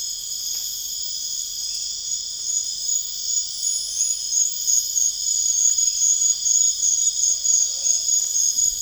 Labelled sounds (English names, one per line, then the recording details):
none
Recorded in dense forest near Puerto Asís, Putumayo, Colombia, on 21 December 2024 at 22:30
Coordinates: 0.484, -76.325
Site G056